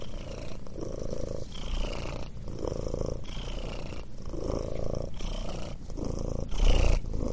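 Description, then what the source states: Continuous cat purring, a deep pulsing drone in regular breath-length swells, with a louder stretch near the end. Purring, "mrrr".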